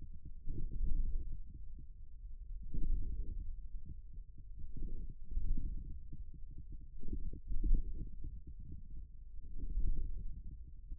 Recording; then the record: forearm muscle sounds (acoustic myography)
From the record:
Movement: ulnar deviation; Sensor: system 1, eight BSWA MPA416 microphones around the upper forearm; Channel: 8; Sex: male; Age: 41 years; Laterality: right